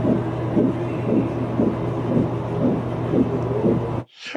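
Regular whooshing pulses sound over a steady low hum, about 115 to 120 a minute, ending abruptly after four seconds. It is a fetal heartbeat picked up at a prenatal appointment.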